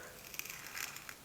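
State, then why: Seated. A screw-on lid is pushed and twisted onto a cosmetic cream jar. A series of small sharp clicks is heard at 0.3, 0.4, 0.5, 0.8, 1.0 and 1.1 seconds over a faint hiss. The lid seats and seals the jar.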